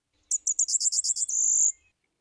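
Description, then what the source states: Blue-winged x Golden-winged Warbler hybrid singing a very high, thin song: a quick series of buzzy notes running into a sustained trill. Hybrid warbler whose song was not typical of either parent species but an ascending trill, longer than the similar final part of a reference song.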